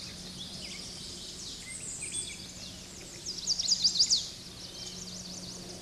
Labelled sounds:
Chestnut-sided Warbler (Setophaga pensylvanica) song
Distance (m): 15 m
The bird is about level with the microphone
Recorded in a Pennsylvania forest on 16 May 2024 at 08:05
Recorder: AudioMoth, point MSD-2443
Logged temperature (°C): 16.4 °C
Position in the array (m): 178 m, 184 m

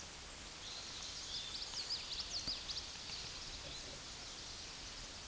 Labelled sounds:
Common Yellowthroat (Geothlypis trichas) song
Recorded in a Pennsylvania forest on 16 May 2024 at 09:56
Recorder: AudioMoth, point MSD-0521
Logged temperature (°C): 15.8 °C
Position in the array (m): 90 m, 94 m

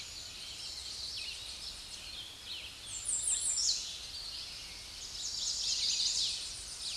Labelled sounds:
American Redstart (Setophaga ruticilla) song
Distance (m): 15 m
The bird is about 15 m above the microphone
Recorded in a Pennsylvania forest on 16 May 2024 at 06:57
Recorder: AudioMoth, point MSD-2273
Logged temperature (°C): 16.0 °C
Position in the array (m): 49 m, 226 m

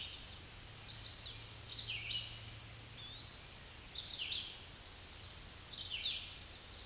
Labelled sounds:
Red-eyed Vireo (Vireo olivaceus) song
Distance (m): 20 m
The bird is about 15 m above the microphone
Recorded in a Pennsylvania forest on 16 May 2024 at 08:18
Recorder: AudioMoth, point MSD-0192
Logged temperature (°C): 16.0 °C
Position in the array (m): 165 m, 69 m

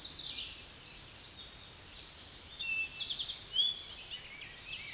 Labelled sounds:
Eastern Towhee (Pipilo erythrophthalmus) song
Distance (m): 20 m
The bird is about 15 m above the microphone
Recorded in a Pennsylvania forest on 16 May 2024 at 08:57
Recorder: AudioMoth, point MSD-0788
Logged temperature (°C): 16.6 °C
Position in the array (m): 61 m, 18 m

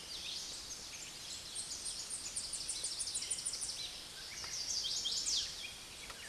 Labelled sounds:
Tennessee Warbler (Leiothlypis peregrina) song
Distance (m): 25 m
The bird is about 10 m above the microphone
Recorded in a Pennsylvania forest on 16 May 2024 at 09:07
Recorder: AudioMoth, point MSD-1360
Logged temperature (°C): 14.8 °C
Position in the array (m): 165 m, 183 m

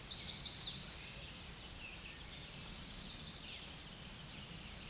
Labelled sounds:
American Redstart (Setophaga ruticilla) song
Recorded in a Pennsylvania forest on 16 May 2024 at 06:52
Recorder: AudioMoth, point MSD-0383
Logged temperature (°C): 15.3 °C
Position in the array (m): 125 m, 211 m

